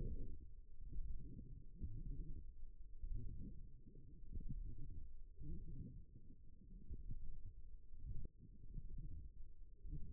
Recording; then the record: forearm muscle sounds (acoustic myography)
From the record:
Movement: forearm pronation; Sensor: system 1, eight BSWA MPA416 microphones around the upper forearm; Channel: 4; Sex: female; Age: 21 years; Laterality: right